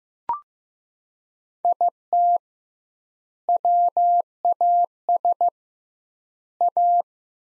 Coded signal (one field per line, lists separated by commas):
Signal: Morse code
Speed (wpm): 15 wpm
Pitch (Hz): 700 Hz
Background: none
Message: IT WAS A